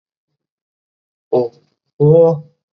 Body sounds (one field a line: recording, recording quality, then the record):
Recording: sustained vowel as in boot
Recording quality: excellent, no background noise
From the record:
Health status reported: COVID-19 positive, mild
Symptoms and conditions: cough, cold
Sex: male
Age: 38 years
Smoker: not ticked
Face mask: not worn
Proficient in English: yes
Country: India